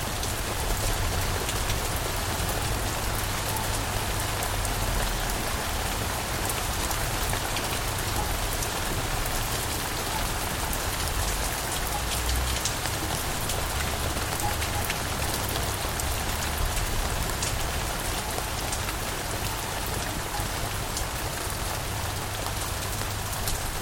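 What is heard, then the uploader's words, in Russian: A nighttime downpour, rain falling thick and steady on a surface for the whole stretch with no letup. The hiss is bright and dense, dotted with crisp individual drops, over a low constant rumble underneath. Ночной дождевой ливень с далекой грозой.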